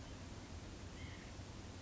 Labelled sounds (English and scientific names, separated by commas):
White-breasted Nuthatch (Sitta carolinensis)